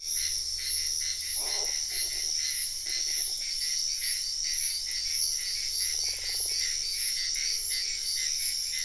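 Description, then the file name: Frog croaking in short rattling pulsed bursts, several spaced throughout, beneath a loud, dense, high-pitched insect chorus with a faint steady tone running underneath. Wetland at night in Sian Ka'an Biosphere Reserve, with frogs and insects heard in the ambience. "felix blume nature ambience wetland night frogs insects bird heron type sian ka an biosphere reserve"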